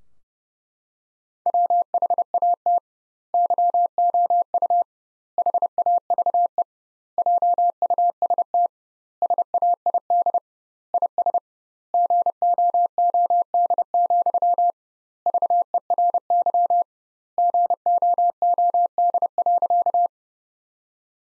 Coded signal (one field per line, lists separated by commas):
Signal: Morse code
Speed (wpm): 32 wpm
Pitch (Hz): 700 Hz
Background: none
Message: WHAT YOU HAVE JUST SAID IS GOOD, VERY GOOD.